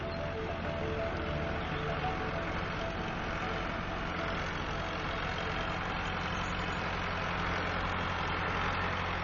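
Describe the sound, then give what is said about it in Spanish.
A tractor engine runs steadily throughout, a continuous low, droning rumble with a buzzy mechanical hum layered on top, holding an even loudness without pauses. “Sin ser visto y aparentemente impávido ante el ruido de un tractor.”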